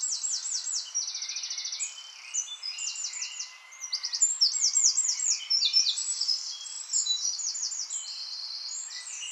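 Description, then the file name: Eurasian wren song, a long run of very high, fast trills and rattling phrases that switch speed and pitch without pause, with a faint hiss behind. "Troglodytes troglodytes"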